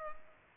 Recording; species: mosquito wingbeat signal from an infrared sensor; Culex pipiens